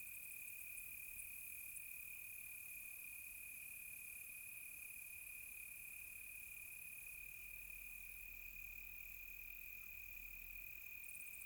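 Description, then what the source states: Crickets sustaining a continuous high-pitched trill, with faint rapid high ticks at the start and end, plus a soft low hum. Close crickets on a quiet tropical night.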